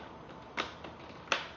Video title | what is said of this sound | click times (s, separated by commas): Laptop screen replacement How to replace laptop screen Lenovo G560 | like that. You can hear it snapping. | 0.6 s, 1.3 s